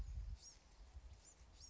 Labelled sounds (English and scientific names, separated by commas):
Blue-gray Gnatcatcher (Polioptila caerulea)